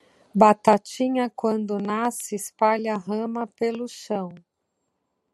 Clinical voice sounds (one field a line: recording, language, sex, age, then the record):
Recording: short text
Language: Brazilian Portuguese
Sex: female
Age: 50 to 59 years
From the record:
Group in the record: control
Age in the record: 56 years